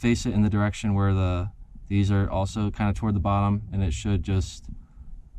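A replacement LED circuit board for an FJ Cruiser dome light is lined up with its metal contacts facing the bottom, ready to be pushed into the plastic dome light housing. Someone talks throughout, and nothing has seated or clicked yet.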